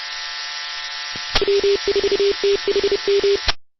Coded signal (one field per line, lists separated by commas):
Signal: Morse code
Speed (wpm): 32 wpm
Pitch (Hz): 400 Hz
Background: none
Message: W4THM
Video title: W4THM Miami Amature Radio 444.325Mhz August 9,2020 21:21 080920 21 21 05 mp3